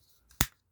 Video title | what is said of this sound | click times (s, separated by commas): Parkside Performance Hammer Drill 20v PKHAP 20 LI A1 Unboxing | as you can hear it locked into the hammer locked | 0.4 s